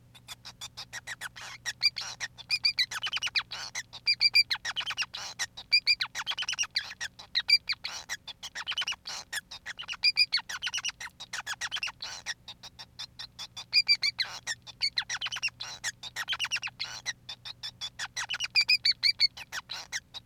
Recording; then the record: song of a male Bengalese finch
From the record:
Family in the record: son of father 5